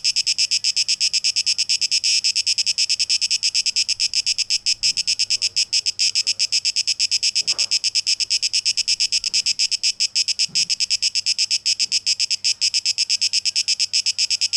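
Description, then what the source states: Pulsing cicada buzz, loud and high-pitched, running continuously with occasional faint low knocks in the background. Cicadas recorded on 12 August 2023.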